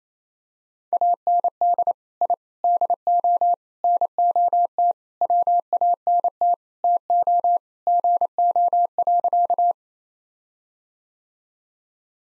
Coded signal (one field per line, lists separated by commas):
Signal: Morse code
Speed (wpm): 28 wpm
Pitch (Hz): 700 Hz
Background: none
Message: AND I DO NOT WANT TO GO.